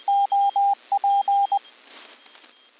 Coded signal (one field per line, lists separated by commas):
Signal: Morse code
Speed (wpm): 20 wpm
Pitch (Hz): 800 Hz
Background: radio noise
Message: OP